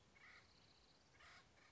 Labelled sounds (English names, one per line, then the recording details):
Acorn Woodpecker
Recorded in Sonoma County, California